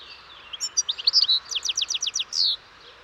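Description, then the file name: European goldfinch calling, a short tinkling phrase of high chirps followed by about six quick, evenly spaced downslurred notes and a final drawn note. "Carduelis carduelis"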